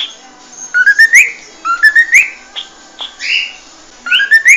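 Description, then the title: Cockatiel whistles in short rising phrases of two or three notes, repeated several times, with light clicks and a faint background hiss. From a one-hour song recording made for training cockatiels. "Canto De 1 Hora Para Treinar Calopsita"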